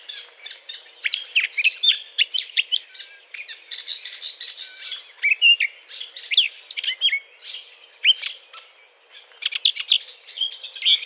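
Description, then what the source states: Eurasian blackcap giving a long, rambling, chattering warble of fast high notes, nearly continuous with a short pause near the end. Courtship song; 20 April 2009.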